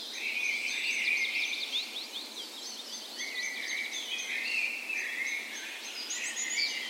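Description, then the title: Birds: bird dawn chorus with a fast repeated chattering trill early on, then long whistled notes and mixed chirps from several birds. Dawn chorus in a park west in Bergen, Norway, morning of 17 May, Norway's National Day, in spring; recorded with Sony PCM A10 and LOM Usi microphones as tree ears. "17th Of May Dawn Chorus"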